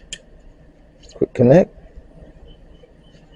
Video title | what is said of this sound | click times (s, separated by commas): Predator 2650 PSI pressure washer, is nice for the price. | Just snaps right in. | 0.1 s